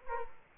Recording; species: mosquito wingbeat signal from an infrared sensor; Culex quinquefasciatus